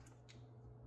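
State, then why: Seated. A plastic fabric softener dispenser top on a Speed Queen washer is squeezed onto its cone to put it back together. A short, bright click is heard at 0.3 s over a low steady hum, and the top is seated back on the cone.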